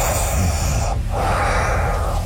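Loud, rushing breath through the nose of a sleeping adult, heavy and echoey, almost like a vacuum cleaner or a CPAP machine, without snoring rattle. Possibly due to a deviated septum.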